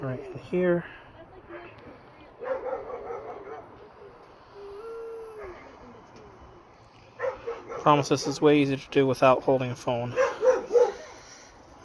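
Someone places a second new hydraulic hose connector by hand onto the convertible-top hydraulic cylinder of a 2006 Saab 9-3 Convertible while holding a phone, with a screwdriver to be used afterwards to snap it home. Someone talks, and a dog barks and whimpers. Nothing has snapped into place yet.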